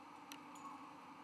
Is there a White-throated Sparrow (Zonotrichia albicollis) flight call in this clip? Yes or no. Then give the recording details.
no. No flight call is heard. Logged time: 01:29 on 17 November 2014